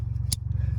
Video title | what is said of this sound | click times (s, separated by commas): Tune-up on 2015 Nissan Juke SL (Spark Plug and Ignition Coil Replacement) | You're going to push that in until you hear that click. | 0.3 s